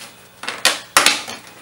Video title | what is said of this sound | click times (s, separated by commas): How to build a PC - The Basics | push it until it snaps into place you're not going to break it but don't push too hard | 1.0 s